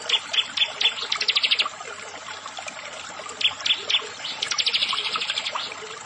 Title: Ciblek Sawah